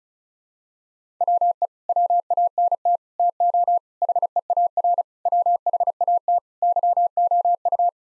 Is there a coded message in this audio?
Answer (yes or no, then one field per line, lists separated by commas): yes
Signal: Morse code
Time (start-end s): 1.2-7.9 s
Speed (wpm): 34 wpm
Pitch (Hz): 700 Hz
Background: none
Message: WE WANT TO HEAR WHAT YOU